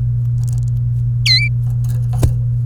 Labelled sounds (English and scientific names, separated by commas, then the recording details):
Domestic Canary (Serinus canaria) song
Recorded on 27 April 2018 at 16:24
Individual llb3